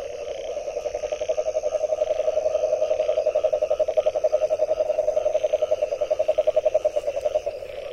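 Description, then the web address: Frog giving a steady, rapidly pulsed mid-pitched trill that runs unbroken throughout, with a faint high background hum. Recorded on 23 January 2022, between 21 and 23 h. "frog rec 21-23 20220123"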